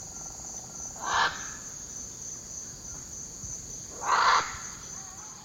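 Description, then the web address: Scarlet macaw uttering two hoarse, raspy squawks about three seconds apart against an unbroken high insect drone. Eastern lowlands of South America. "Natures Songs S America Eastern Lowlands. Scarlet Macaw"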